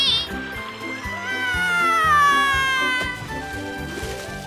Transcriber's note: screaming